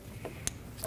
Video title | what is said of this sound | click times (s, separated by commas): How to Replace Camshaft Position Sensor 2012-2022 Volkswagen Passat 2.5L L5 | Install the connector. Push until you hear a click. | 0.5 s